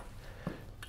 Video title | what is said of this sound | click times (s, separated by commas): Learn how to Bend EMT Conduit the EASY Way - Introducing the Hoppy Bender by Rack-A-Tiers | until it stops you hear that click | 0.8 s